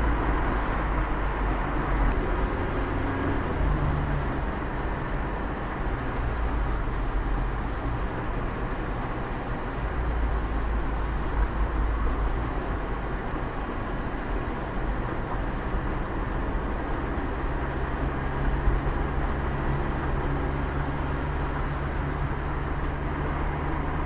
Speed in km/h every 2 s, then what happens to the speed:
58, 61, 60, 60, 57, 54, 50, 48, 43, 36, 28, 23.
0-6 steady at about 60. 6-24 slows to 23.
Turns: none.